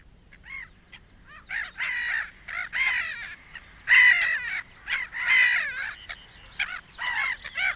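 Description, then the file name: Black-headed gull calls, harsh rasping squawks given in short irregular bursts, some longer and louder, with brief quiet gaps between them. "De Kokmeeuw"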